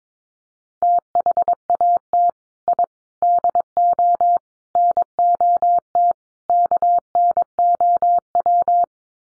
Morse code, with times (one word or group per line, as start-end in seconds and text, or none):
0.8-2.3 THAT
2.7-2.8 I
3.2-4.4 DO
4.8-6.1 NOT
6.5-8.8 KNOW